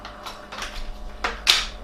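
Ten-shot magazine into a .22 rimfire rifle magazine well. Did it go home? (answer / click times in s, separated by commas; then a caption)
no / none. A ten-shot magazine is pushed into the magazine well of a brand-new Webley and Scott Xocet .22 rimfire rifle, making soft knocks and scraping handling noise, then two sharper hits at about 1.3 s and 1.5 s, the second the loudest. The magazine does not click into place, so the lever is pulled slightly to hold it there; nothing has latched or clicked yet.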